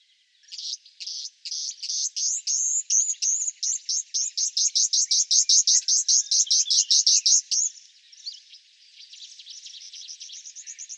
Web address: Schulze Peter Cyprus Wheatear song